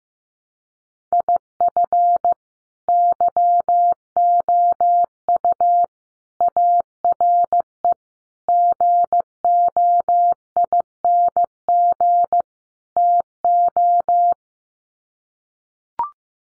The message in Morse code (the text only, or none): IF YOU ARE GOING TO